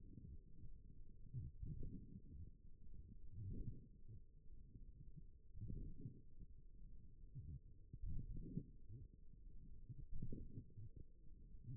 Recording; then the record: forearm muscle sounds (acoustic myography)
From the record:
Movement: forearm supination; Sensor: system 1, eight BSWA MPA416 microphones around the upper forearm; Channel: 4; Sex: female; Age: 21 years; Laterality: right